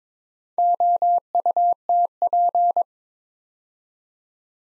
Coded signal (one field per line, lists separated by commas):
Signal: Morse code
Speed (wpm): 22 wpm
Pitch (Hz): 700 Hz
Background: none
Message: OUTP